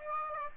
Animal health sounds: mosquito wingbeat signal from an infrared sensor; Aedes aegypti

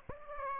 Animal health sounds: mosquito wingbeat signal from an infrared sensor; Aedes aegypti

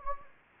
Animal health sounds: mosquito wingbeat signal from an infrared sensor; Anopheles gambiae

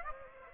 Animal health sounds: mosquito wingbeat signal from an infrared sensor; Aedes aegypti

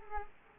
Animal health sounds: mosquito wingbeat signal from an infrared sensor; Culex quinquefasciatus

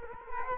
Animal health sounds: mosquito wingbeat signal from an infrared sensor; Culex quinquefasciatus

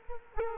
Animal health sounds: mosquito wingbeat signal from an infrared sensor; Culex quinquefasciatus

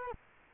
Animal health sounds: mosquito wingbeat signal from an infrared sensor; Culex quinquefasciatus

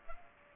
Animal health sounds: mosquito wingbeat signal from an infrared sensor; Culex pipiens

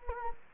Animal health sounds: mosquito wingbeat signal from an infrared sensor; Anopheles gambiae

